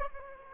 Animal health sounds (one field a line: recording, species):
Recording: mosquito wingbeat signal from an infrared sensor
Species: Aedes aegypti